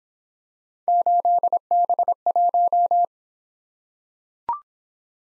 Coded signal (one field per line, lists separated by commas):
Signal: Morse code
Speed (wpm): 26 wpm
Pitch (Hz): 700 Hz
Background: none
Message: 8B1